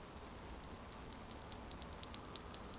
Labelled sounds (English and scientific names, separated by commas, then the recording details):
Eurasian Woodcock (Scolopax rusticola) whistle
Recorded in Baden-Württemberg, Germany, on 25 June 2020 at 20:34 UTC
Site 14569, 102 m above sea level